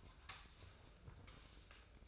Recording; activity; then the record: daily activity, microphone in the room; sweep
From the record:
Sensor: 2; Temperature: 24.2 degrees Celsius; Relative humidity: 31.4%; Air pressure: 995.8 hPa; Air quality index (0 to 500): 93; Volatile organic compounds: 5 ppm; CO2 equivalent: 1716 ppm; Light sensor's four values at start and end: 16/45/19/18 and 20/62/25/24